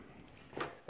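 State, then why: Seated. On a Wilesco D32 model steam engine, the transmission is shifted over until it engages the flywheel drive and locks into place, so that it turns with the flywheel. Over a faint background, light metallic hits sound at 0.6 s and 0.9 s as it seats.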